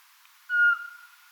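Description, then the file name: Eurasian pygmy owl producing one short, pure whistled note, steady in pitch with a soft fading tail. "sperlingskauz"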